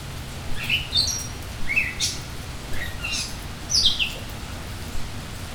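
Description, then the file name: Bird calling: short, high, bright chirped notes, some sliding down, coming roughly once a second over a steady low hiss and rumble. Bird in rain. "Bird in Rain-Mike Koenig"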